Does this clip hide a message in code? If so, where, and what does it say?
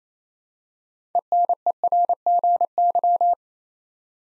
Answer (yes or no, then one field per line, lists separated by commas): yes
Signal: Morse code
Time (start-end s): 1.1-3.3 s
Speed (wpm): 28 wpm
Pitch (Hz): 700 Hz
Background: none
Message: ENERGY